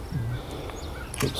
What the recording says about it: My stomach just grumbled. It's just like the various Tim Hortons gases moving through me.